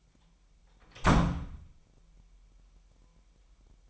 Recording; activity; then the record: daily activity, microphone in the room; close door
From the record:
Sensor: 1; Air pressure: 998.4 hPa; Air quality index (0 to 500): 130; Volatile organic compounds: 4 ppm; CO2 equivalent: 1548 ppm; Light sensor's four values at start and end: 19/63/25/26 and 19/63/25/26